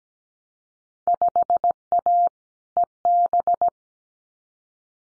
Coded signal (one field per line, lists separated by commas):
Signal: Morse code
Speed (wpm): 17 wpm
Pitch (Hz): 700 Hz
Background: none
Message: 5A EB